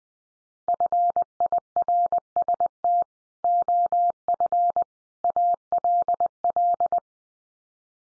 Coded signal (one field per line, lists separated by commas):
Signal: Morse code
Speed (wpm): 20 wpm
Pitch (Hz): 700 Hz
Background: none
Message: FIRST OF ALL